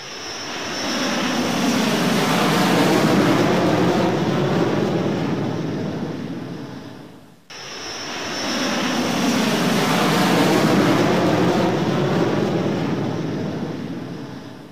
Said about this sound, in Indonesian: Nah anak-anak, sekarang coba kalian tirukan suara pesawat terbang sambil menirukan gerakan terbang.